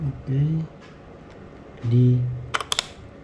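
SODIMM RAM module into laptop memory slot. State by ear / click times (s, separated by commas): seated / 2.5 s, 2.7 s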